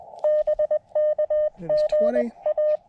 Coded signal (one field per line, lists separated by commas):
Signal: Morse code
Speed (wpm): 21 wpm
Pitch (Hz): 600 Hz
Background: speech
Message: BK GA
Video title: My very first SOTA activation (and a POTA activation too)!